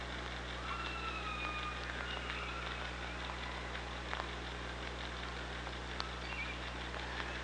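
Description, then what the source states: Killer whale calls: a pair of stacked tones sliding slightly downward early on, then a short squeak, amid clicks and underwater hiss. Recorded by an OrcaLab hydrophone on 24 August 2017 at 05:37:35.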